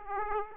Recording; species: mosquito wingbeat signal from an infrared sensor; Aedes aegypti